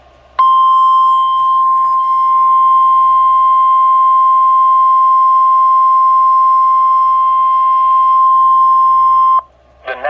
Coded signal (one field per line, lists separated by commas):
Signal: Emergency Alert System (SAME) tones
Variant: 1050 Hz attention tone